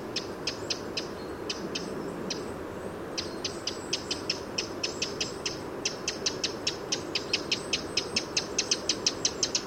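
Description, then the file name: Eurasian wren ticking calls, thin and high, coming in irregular runs that settle into a steady, louder series near the end, with steady low hiss underneath. "Troglodytes troglodytes"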